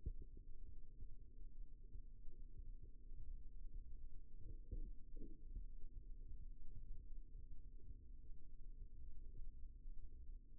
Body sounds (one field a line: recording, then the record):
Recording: forearm muscle sounds (acoustic myography)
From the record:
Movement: rest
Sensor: system 2, bracelet of six BSWA MPA416 microphones around the upper forearm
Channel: 3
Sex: male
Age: 22 years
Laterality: right